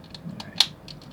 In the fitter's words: well yeah you heard that thing snap very tight fit that tab back there